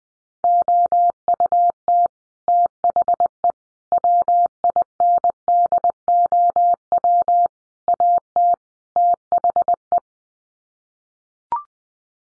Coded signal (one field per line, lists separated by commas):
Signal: Morse code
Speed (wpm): 20 wpm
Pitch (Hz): 700 Hz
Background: none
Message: OUT THE WINDOW AT THE